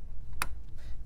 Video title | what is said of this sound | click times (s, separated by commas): Dell Precision T5500 Workstation Review & Overview - Memory Install Tips - How to Configure - Gaming | this is what you want to do you want to listen for this click right here you | 0.4 s